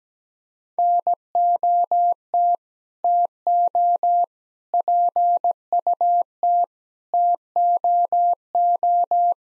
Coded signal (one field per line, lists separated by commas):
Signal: Morse code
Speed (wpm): 17 wpm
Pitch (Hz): 700 Hz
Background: none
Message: NOT TO PUT TOO